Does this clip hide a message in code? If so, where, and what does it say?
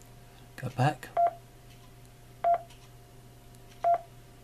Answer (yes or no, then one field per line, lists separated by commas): no